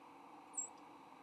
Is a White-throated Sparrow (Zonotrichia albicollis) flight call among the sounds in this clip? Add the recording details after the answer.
no. Another species' flight call is heard. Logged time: 04:14 on 15 November 2014